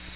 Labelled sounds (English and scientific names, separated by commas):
Magnolia Warbler (Setophaga magnolia) flight call